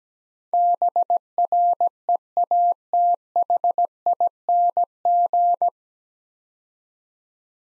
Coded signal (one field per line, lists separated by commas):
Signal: Morse code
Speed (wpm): 17 wpm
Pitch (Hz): 700 Hz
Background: none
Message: BREATHING